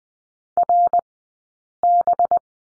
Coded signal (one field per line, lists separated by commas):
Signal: Morse code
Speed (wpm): 20 wpm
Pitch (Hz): 700 Hz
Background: none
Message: RB